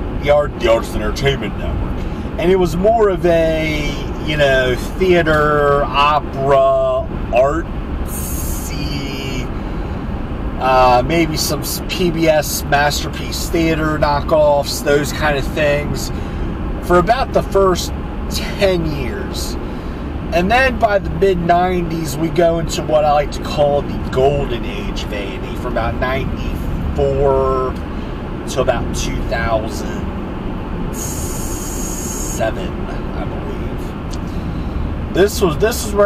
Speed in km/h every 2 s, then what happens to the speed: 85, 87, 87, 85, 84, 84, 84, 84, 82, 85, 87, 87, 90, 90, 89, 89, 89, 89.
0-16 steady at about 84. 16-24 speeds up to 90. 24-36 steady at about 89.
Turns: none.